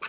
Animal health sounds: pig call; piglet (1 to 25 days)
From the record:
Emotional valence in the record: positive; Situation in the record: after nursing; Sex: male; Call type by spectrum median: low-frequency call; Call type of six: low-frequency tonal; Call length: 0.10 s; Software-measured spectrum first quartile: 1311 Hz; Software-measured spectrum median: 2106 Hz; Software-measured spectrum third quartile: 3192 Hz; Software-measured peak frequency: 1477 Hz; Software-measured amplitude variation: 100 dB a second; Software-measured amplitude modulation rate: 5.3 a second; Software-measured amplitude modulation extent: 19.0 dB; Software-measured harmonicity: 1.2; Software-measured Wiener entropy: -1.28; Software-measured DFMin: 871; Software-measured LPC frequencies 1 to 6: 1192, 2518, 4058, 4284, 5757, 6175 Hz

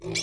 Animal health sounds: pig call; weaner (32 to 43 days)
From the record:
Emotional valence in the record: negative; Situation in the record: short isolation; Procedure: open field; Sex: female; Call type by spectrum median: high-frequency call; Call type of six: mixed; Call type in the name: high-frequency modulated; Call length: 0.23 s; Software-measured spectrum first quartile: 894 Hz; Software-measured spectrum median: 2932 Hz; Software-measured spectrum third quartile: 5288 Hz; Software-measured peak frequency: 364 Hz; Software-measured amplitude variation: 144 dB a second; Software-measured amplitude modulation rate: 19.8 a second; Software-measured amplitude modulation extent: 7.3 dB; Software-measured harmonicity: 3.1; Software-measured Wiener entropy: -3.23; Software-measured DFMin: 1001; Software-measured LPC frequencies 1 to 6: 400, 2308, 3384, 4080, 5439, 6134 Hz

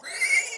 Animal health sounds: pig call; piglet (1 to 25 days)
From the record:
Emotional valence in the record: negative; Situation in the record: long isolation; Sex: male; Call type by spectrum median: high-frequency call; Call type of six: high-frequency stable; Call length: 0.58 s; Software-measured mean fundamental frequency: 260 Hz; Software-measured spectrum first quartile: 2144 Hz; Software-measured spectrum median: 2830 Hz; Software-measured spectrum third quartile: 7728 Hz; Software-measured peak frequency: 2103 Hz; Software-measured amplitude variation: 180 dB a second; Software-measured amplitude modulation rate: 16.5 a second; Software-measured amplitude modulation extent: 10.9 dB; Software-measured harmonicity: 8.3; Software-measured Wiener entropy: -2.76

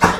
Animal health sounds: pig call; growing-finishing pig (85 days or more)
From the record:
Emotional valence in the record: positive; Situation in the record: enriched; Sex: female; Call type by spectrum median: high-frequency call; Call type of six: low-frequency tonal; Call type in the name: low-frequency tonal, not sure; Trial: 3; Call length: 0.20 s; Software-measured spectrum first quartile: 548 Hz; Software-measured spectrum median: 990 Hz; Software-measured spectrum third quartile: 1634 Hz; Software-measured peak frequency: 915 Hz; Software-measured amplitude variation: 111 dB a second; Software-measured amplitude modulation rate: 12.4 a second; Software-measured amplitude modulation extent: 8.9 dB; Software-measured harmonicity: -0.9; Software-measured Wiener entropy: -0.74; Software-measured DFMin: 783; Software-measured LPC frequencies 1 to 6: 935, 1461, 2620, 3626, 4964, 5720 Hz

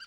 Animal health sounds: pig call; piglet (1 to 25 days)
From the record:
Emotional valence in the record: positive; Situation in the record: reunion after long isolation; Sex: female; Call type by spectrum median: high-frequency call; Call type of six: low-frequency tonal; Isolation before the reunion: 8 minutes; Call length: 0.07 s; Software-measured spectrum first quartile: 1650 Hz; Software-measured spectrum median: 2943 Hz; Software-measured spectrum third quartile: 4575 Hz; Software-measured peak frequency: 1562 Hz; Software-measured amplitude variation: 43 dB a second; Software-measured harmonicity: 12.0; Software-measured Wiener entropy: -2.97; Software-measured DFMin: 743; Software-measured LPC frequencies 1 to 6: 1547, 2884, 4711, 6039, 7246, 7756 Hz

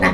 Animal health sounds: pig call; piglet (1 to 25 days)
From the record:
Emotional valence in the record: positive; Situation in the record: reunion after long isolation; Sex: female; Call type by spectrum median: low-frequency call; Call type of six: low-frequency tonal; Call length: 0.14 s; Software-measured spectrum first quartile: 376 Hz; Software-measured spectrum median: 1004 Hz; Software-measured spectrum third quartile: 1808 Hz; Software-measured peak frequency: 187 Hz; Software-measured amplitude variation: 86 dB a second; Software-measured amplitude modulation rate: 14.1 a second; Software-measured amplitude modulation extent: 6.1 dB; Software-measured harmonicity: 0.0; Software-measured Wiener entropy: -1.29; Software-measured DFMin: 945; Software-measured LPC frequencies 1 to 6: 464, 1085, 1912, 3177, 4085, 5157 Hz

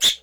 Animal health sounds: pig call; piglet (1 to 25 days)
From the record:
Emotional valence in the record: negative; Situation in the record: castration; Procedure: castration, shear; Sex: male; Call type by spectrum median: high-frequency call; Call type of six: high-frequency stable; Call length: 0.22 s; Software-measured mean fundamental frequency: 129 Hz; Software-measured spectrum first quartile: 3447 Hz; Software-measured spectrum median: 4053 Hz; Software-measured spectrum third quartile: 7081 Hz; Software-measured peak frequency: 3667 Hz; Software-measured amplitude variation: 203 dB a second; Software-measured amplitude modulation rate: 6.7 a second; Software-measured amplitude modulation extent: 30.2 dB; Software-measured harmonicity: 6.4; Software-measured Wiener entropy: -2.13

